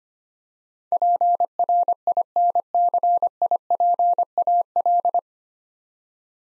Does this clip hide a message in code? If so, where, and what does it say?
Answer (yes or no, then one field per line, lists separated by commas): yes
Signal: Morse code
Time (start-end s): 0.9-5.2 s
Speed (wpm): 25 wpm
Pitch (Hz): 700 Hz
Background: none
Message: PRINCIPAL